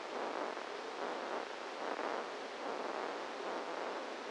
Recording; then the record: brain microelectrode recording played as sound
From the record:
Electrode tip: outside the subthalamic nucleus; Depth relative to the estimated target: 1 mm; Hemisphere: left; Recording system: NeuroSet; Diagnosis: Parkinson's disease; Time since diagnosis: 8 years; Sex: male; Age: 58 years